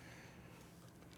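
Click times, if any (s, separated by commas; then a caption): none. The cap of a new Mont Blanc Presence Cool cologne bottle, with blue liquid inside, is handled, producing only a soft, steady rustle of handling noise with no sharp hit. The cap has not clicked into place yet.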